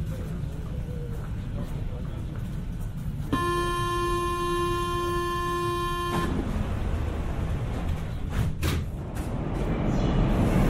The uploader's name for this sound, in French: Métro parisien